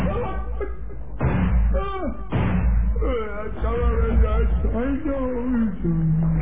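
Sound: gunshots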